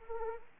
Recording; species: mosquito wingbeat signal from an infrared sensor; Anopheles arabiensis